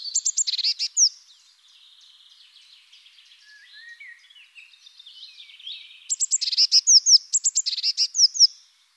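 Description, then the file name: Eurasian blue tit giving high, thin chirps and quick trilled notes in two bursts, with softer twittering between them. Recorded in the Netherlands. "MESANGE BLEUE hollande"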